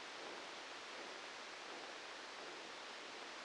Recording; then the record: brain microelectrode recording played as sound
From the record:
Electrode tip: outside the subthalamic nucleus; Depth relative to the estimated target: -6 mm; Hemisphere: left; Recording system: NeuroSet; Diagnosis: Parkinson's disease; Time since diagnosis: 13 years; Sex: male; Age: 63 years